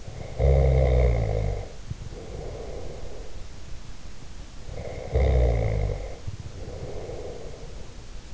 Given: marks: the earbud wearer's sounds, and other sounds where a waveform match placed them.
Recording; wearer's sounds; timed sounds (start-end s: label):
sounds in sleep by an in-ear microphone; snoring breath
0.00-2.20 s: snoring breath
4.87-7.99 s: snoring breath